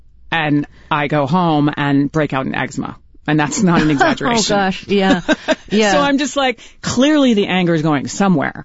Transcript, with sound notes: And I go home and break out in eczema. And that's not an exaggeration.
(Laughter) Oh, gosh. Yeah. Yeah.
(Laughter) So I'm just like, clearly, the anger is going somewhere.